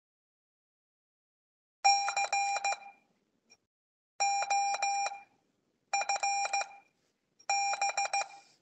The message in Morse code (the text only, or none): C OFB